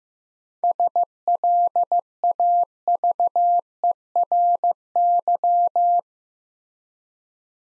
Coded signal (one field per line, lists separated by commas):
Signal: Morse code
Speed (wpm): 15 wpm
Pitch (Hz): 700 Hz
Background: none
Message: SLAVERY